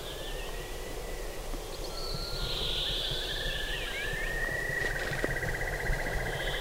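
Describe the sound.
Whimbrel call: a long, slowly rising whistle followed by a rapid rippling trill at a steady pitch, over steady low rumbling noise.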